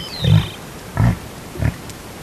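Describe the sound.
Reindeer grunts: three deep, short grunts spaced about half a second to a second apart, with a thin bird whistle at the start.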